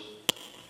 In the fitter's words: you will see that they nudge up close and click into place that holds his gun barrel more firmly